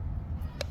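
With its red dots lined up, a back plate piece is pushed home into an RV fixture housing during an install. A single sharp click sounds at 0.6 s over a steady low rumble. The piece is seated in place.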